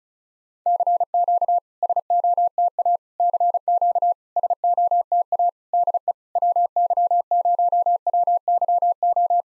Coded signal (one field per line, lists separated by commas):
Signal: Morse code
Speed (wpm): 37 wpm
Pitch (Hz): 700 Hz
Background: none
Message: CQ SOTA CQ SOTA DE WY0WYO